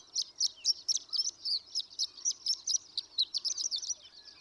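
Horned lark giving a run of high, sharp chirps about four per second, slightly uneven in rhythm, over faint low background noise.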